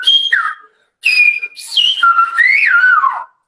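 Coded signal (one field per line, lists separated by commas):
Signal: whistled language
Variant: Silbo Gomero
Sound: two short whistled phrases with gliding, stepping pitch between high and low tones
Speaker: pero qué te parece me parece mágico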